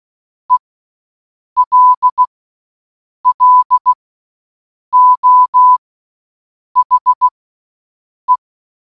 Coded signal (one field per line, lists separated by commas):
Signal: Morse code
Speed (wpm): 16 wpm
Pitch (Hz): 1000 Hz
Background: none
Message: ELLO HE